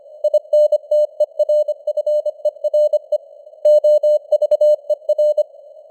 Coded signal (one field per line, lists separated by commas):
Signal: Morse code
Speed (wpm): 25 wpm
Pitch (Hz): 600 Hz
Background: none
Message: INTERFERE OVER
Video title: Morse Code News | 2025-11-26 | 25wpm